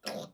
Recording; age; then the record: pig call; piglet (1 to 25 days)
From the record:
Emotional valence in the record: negative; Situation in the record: restrain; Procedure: back test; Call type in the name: low-frequency call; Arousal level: maximum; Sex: female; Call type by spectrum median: low-frequency call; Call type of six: low-frequency tonal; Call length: 0.34 s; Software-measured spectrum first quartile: 519 Hz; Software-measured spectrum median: 1634 Hz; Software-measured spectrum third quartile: 4788 Hz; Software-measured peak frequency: 533 Hz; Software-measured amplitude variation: 199 dB a second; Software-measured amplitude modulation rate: 22.2 a second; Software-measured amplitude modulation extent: 9.0 dB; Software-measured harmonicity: 1.3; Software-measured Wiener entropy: -2.52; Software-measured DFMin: 852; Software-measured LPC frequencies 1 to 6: 602, 1635, 2518, 3408, 4256, 5207 Hz